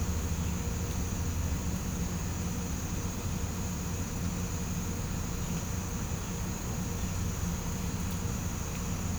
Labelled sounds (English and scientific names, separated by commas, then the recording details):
none
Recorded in pastures near Puerto Asís, Putumayo, Colombia, on 20 December 2024 at 06:30
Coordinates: 0.505, -76.324
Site G063